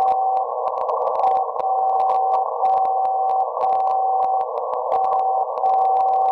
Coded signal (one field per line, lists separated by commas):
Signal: radio time signal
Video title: 60 KHZ Time signal Way down low band stuff